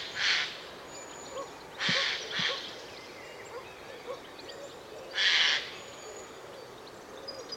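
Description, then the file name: Eurasian jay giving harsh, rasping screeches: one short burst, a close pair about two seconds in, then a longer one near five seconds, over a quiet background. "Garrulus glandarius"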